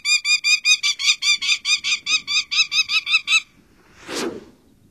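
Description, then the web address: Prairie falcon calling in a fast series of many harsh, nasal, evenly spaced notes over about three seconds, then a short soft rushing noise after a pause. "Songs of Birds of North America Stokes. Prairie Falcon"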